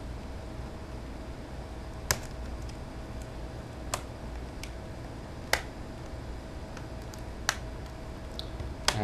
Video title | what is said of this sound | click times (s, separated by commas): AllenPCs.com NextBook NX008HD8G broken glass (digitizer) FIXED! | and it just snaps into place there's no screws | 2.1 s, 5.5 s, 7.5 s, 8.9 s